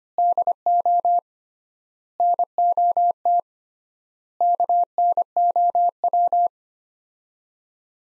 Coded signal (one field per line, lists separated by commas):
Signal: Morse code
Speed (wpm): 25 wpm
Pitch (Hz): 700 Hz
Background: none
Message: DO NOT KNOW